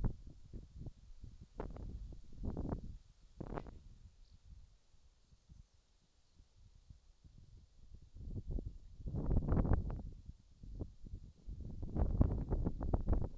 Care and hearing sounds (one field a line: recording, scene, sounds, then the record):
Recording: everyday scene through a hearing-aid microphone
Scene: wind on the microphone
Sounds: wind, whistling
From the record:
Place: in front of a rural house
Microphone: in the ear canal, left